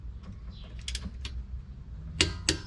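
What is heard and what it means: A click-type torque wrench set to 140 tightens a wheel lug nut during a tire rotation, with a few quieter mechanical clicks early on. It then gives its sharp double click at 2.2 s and 2.5 s, confirming the nut has reached the set torque.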